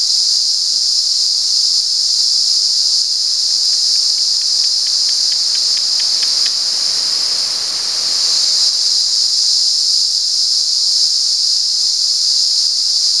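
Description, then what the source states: Cicada giving a constant shrill drone; a short run of quick, evenly spaced lower clicks sounds briefly in the middle, then the steady buzz continues alone. Recorded at San Ramon.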